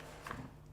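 A plastic strap hook on a Leatt 2.5 kids' chest protector is pushed out of its seat in the cutaway slot to release the protector. A small double click is heard at 0.3 s and 0.3 s, and the hook comes free of its seat.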